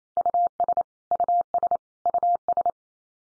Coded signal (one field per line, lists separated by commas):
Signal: Morse code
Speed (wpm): 28 wpm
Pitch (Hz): 700 Hz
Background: none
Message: US US US